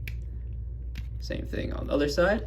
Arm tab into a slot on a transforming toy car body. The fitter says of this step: just want to slide that all in until you hear a nice click